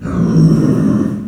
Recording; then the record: squeal of a Yucatan mini pig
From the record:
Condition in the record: after surgery on the right vocal fold (resection and tissue-engineered implant); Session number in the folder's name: 6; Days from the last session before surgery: 40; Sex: female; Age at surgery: 19 weeks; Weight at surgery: 25 kg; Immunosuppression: prednisolone